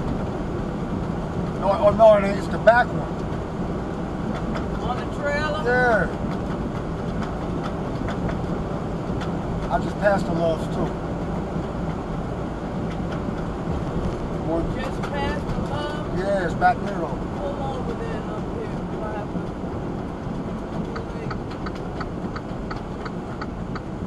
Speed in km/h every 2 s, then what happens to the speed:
74, 74, 74, 72, 72, 72, 72, 72, 71, 69, 69, 55.
0-20 steady at about 72. 20-24 brakes to 55.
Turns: none.